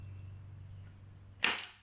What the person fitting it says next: Now that it's got that new gasket on there, it's hard to push in there. That's why it kind of snapped into place. That's a good thing.